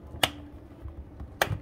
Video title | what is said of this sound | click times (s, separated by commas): Ice fishing | I mash it down you got to hear it click | 0.2 s, 1.4 s